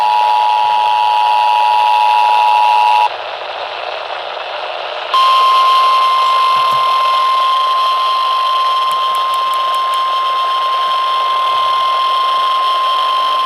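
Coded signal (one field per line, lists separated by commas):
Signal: Emergency Alert System (SAME) tones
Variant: 853 and 960 Hz attention tone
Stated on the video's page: Tsunami communication drill EAS tests from Los Angeles TV and radio stations, including KNX 1070 AM and 93.9 FM.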